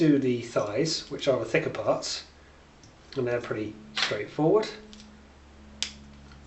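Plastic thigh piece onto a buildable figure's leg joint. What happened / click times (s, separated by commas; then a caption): The plastic part clipped onto its peg / 5.8 s. A plastic thigh piece of a buildable figure is pressed onto the peg at its leg joint while someone talks over the work. After a quieter stretch, a sharp, bright click at 5.8 seconds marks the thigh piece clipping into place, seated.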